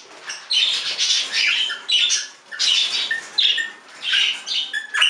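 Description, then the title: Budgerigar squawking in repeated harsh, grating bursts, with scratchy warbled notes between them. "Budgie Sounds"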